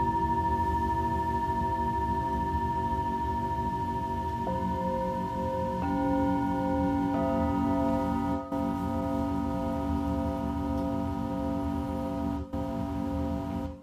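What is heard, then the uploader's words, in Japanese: Tibetan singing bowls ring in long, sustained tones, with new bowl notes joining around four, six and seven seconds to thicken the chord. A low, steady rumbling hum fills the bottom throughout, and the sound briefly dips near eight and twelve seconds. 深夜のシンギングボウルのサウンドヒーリング。チベタンシンギングボウル。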